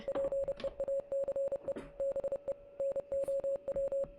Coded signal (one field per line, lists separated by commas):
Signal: Morse code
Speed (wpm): 30 wpm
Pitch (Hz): 550 Hz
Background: music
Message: PEACE BE NOW